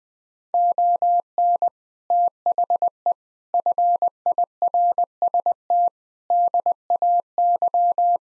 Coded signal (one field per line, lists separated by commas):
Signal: Morse code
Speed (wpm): 19 wpm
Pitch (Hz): 700 Hz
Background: none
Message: ON THE FIRST DAY